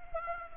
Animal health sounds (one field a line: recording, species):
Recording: mosquito wingbeat signal from an infrared sensor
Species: Anopheles arabiensis